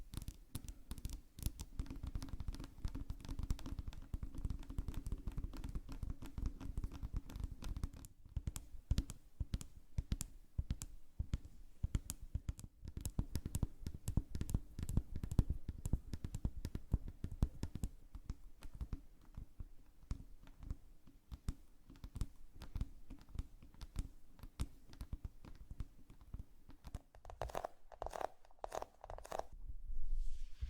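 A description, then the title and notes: Makeup triggers: dense, rapid crinkly tapping and crunching clicks over a steady low hum, with brief brushy sweeps near the end. TimASMR-ASMR 20+ Makeup Triggers For Sleep NO TALKING.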